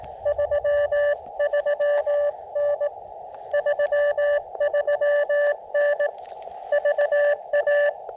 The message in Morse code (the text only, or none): 33N 33N VA